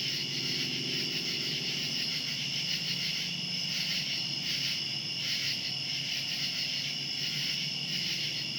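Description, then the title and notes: Cicadas in a steady high-pitched night chorus, a continuous buzzing drone with faint pulsing over a low hum in the background. Cicadas recorded outdoors at night. "Ext. Cicadas, Night by Bandeto"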